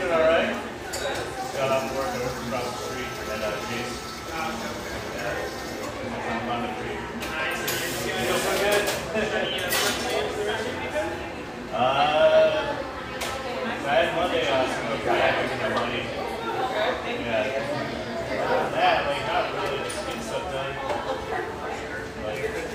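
Lively murmur of chatter fills a rustic bayside coffeeshop, with overlapping voices, occasional clinks, and brief louder bursts around eight and twelve seconds.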